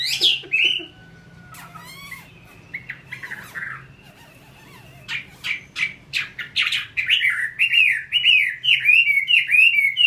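Chinese hwamei song: a brief opening phrase, a quieter stretch of scattered chirps and clicks, then loud repeated whistled slurs building to a steady run.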